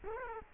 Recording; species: mosquito wingbeat signal from an infrared sensor; Culex quinquefasciatus